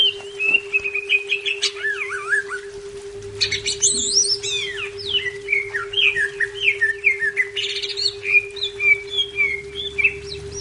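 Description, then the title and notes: Leafbird singing a varied, fast medley of slurred whistles, buzzy swoops and sharp chips, with a constant low hum underneath. "Cucak Ijo"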